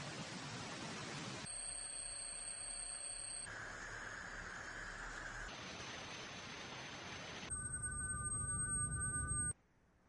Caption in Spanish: Gente que vive oyendo eso, todo el día pegado en el oído. Esto se llama tinnitus. A ese zumbido permanente que tienen muchos en el oído.